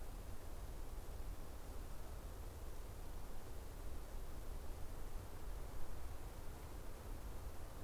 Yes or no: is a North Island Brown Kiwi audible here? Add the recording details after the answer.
no. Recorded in New Zealand on 14 October 2015. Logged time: 20:29. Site BN6